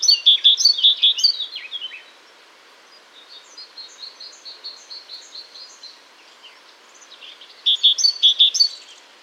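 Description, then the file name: Great tit repeating a sharp two-note phrase several times, a stretch of quieter chirps, then the phrase resuming near the end. "Parus major"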